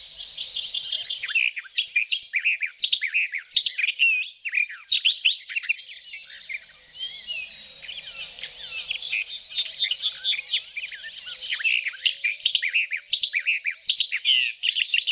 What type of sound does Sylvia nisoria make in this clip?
song